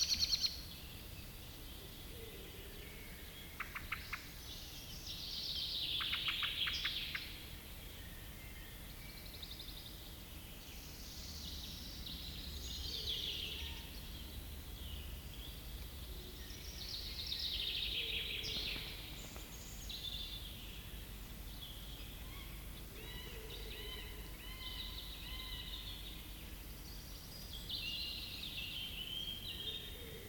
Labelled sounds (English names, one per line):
Common Blackbird call